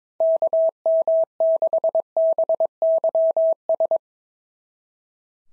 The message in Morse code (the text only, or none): KM6BYS